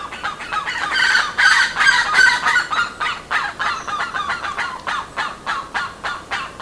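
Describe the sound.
Bird honking calls, loud nasal notes repeated rapidly, roughly three per second.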